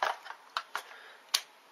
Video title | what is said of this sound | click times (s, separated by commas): Jing Gong Bar-10 G-Spec Review | there I hear it click and you think that's in whatever | 1.4 s